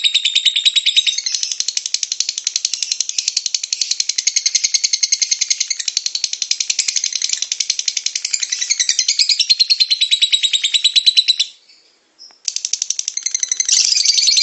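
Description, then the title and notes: Lovebird chattering ngekek song, rapid rattling high notes running on for eleven seconds, a brief break, then the fast scratchy chatter resumes. Long ngekek song of a lovebird, used as a bait song (kicau pancingan) to prompt other lovebirds to sing. "suara Master Kicau Lovebird ngekek, kicau pancingan"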